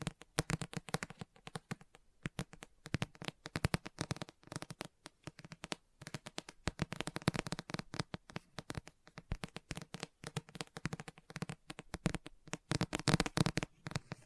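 Book tapping and scratching: a dense, fast run of sharp, crisp taps and scrapes that continues for the whole fourteen seconds. The hits come in quick irregular bursts with brief gaps, each one clicky and bright, with a rough papery texture between them.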